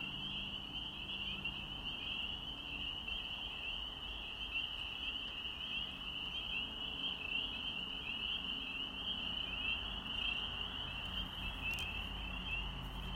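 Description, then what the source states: Spring peepers calling together, many high piping notes merging into an unbroken shrill trill throughout, over faint background rumble. Recorded on 7 April 2020.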